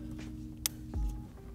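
A wiring harness connector is slid onto an ignition coil on a BMW B58 3.0L engine during a coil pack and spark plug replacement, and it clicks in with a sharp snap at 0.7 s, before the locking tab is pushed down. Music plays throughout, and the connector is seated.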